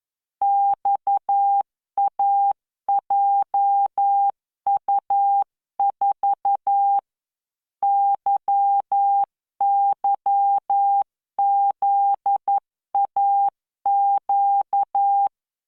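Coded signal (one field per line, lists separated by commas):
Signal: Morse code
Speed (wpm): 11 wpm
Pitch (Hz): 800 Hz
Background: none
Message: XAJU4 YYZAQ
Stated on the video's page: Morse practice generated by the LearningMorse V.0.74 training software at 11 WPM with standard spacing.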